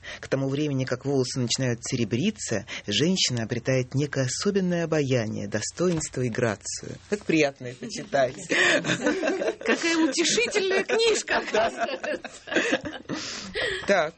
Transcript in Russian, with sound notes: К тому времени, как волосы начинают серебриться, женщина обретает некое особенное обаяние, достоинство и грацию». Так приятно это читать!
(смех) Какая утешительная книжка!
Так.